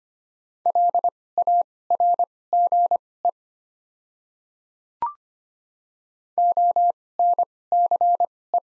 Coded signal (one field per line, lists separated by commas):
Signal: Morse code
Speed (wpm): 25 wpm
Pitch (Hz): 700 Hz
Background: none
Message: LARGE ONCE